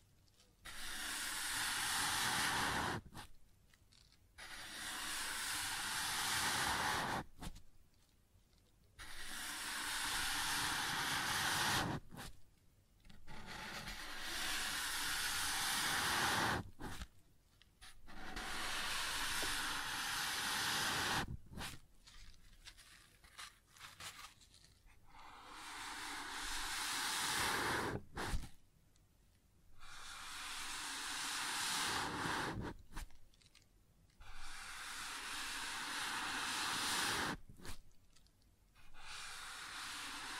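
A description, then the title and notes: Sounds on a wooden surface come as long, rough, hissing strokes, each lasting about three seconds. Roughly nine of them repeat at a steady pace across the forty seconds, separated by brief quiet gaps, with a bright, airy texture and a faint low rumble underneath. ASMR Sounds on Wooden Surface (No Talking).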